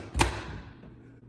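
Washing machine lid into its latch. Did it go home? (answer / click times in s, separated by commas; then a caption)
no / none. A washing machine lid is closed onto its latch, making a single sharp thud at about 0.2 s that rings off and fades. The lid fails to latch, and nothing has clicked into place.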